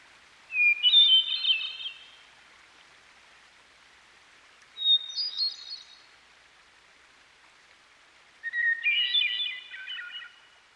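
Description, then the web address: Hermit thrush giving three flutelike song phrases about four seconds apart, each at a different pitch and opening on a clear whistle, with steady water noise underneath. Singing by a stream. "Dan Gibson Songbirds By The Stream. Hermit Thrush"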